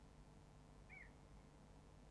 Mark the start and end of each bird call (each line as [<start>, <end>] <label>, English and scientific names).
[0.89, 1.03] Little Bittern (Ixobrychus minutus)